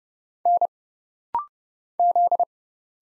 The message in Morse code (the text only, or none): N Z